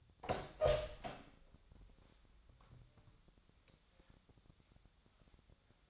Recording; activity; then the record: daily activity, microphone in the room; open door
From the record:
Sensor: 3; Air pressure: 1007.6 hPa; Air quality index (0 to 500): 194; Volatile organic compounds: 15 ppm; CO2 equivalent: 2487 ppm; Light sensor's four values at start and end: 12/29/12/12 and 12/29/12/12